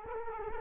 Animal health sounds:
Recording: mosquito wingbeat signal from an infrared sensor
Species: Culex quinquefasciatus

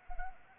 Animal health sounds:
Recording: mosquito wingbeat signal from an infrared sensor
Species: Anopheles arabiensis

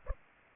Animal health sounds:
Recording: mosquito wingbeat signal from an infrared sensor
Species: Aedes aegypti

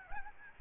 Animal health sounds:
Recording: mosquito wingbeat signal from an infrared sensor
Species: Aedes albopictus

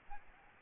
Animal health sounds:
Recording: mosquito wingbeat signal from an infrared sensor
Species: Aedes albopictus

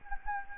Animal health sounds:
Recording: mosquito wingbeat signal from an infrared sensor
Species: Anopheles gambiae

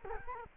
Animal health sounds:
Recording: mosquito wingbeat signal from an infrared sensor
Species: Culex quinquefasciatus

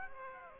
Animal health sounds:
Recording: mosquito wingbeat signal from an infrared sensor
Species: Aedes aegypti

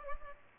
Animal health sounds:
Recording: mosquito wingbeat signal from an infrared sensor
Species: Culex pipiens

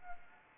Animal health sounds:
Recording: mosquito wingbeat signal from an infrared sensor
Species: Anopheles arabiensis

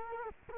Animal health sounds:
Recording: mosquito wingbeat signal from an infrared sensor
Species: Culex quinquefasciatus

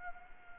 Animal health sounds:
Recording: mosquito wingbeat signal from an infrared sensor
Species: Anopheles arabiensis

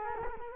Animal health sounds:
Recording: mosquito wingbeat signal from an infrared sensor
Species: Culex quinquefasciatus

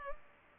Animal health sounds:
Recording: mosquito wingbeat signal from an infrared sensor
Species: Culex pipiens

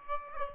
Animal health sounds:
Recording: mosquito wingbeat signal from an infrared sensor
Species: Aedes aegypti

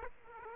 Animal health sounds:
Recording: mosquito wingbeat signal from an infrared sensor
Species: Aedes aegypti

